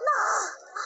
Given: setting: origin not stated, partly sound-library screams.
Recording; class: one-second piece from a danger detection set; woman in danger